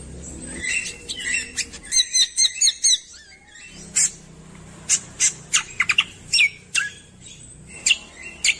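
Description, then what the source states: Streaked spiderhunter song opening with a rapid chattering burst of high notes, followed by a long string of sharp, clipped chirps at irregular intervals. Birdkeeper's training recording (masteran) of vigorous, clear, long singing.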